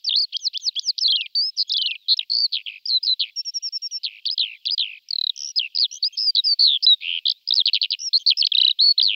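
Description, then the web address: Lark singing a rapid, unbroken high-pitched warble of chirps, buzzy trills and slurred notes lasting the whole stretch, with no other sounds. "Zavoronok"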